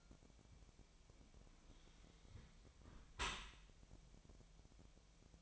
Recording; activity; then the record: daily activity, microphone in the room; close dishwasher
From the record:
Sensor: 1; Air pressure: 1006.7 hPa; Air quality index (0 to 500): 209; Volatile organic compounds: 24 ppm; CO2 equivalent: 2818 ppm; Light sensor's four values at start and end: 12/31/12/14 and 12/32/12/14